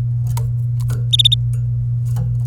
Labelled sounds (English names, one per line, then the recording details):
Domestic Canary song
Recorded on 27 April 2018 at 07:05
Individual llb3